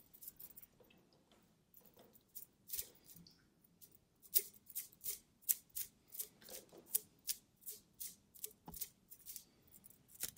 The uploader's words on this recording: Nick found a metal toy and played with it in front of the camera, these are the sounds that he came up with.